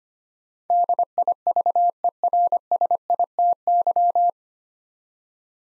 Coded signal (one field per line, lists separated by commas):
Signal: Morse code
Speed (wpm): 25 wpm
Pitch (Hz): 700 Hz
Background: none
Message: DIVERSITY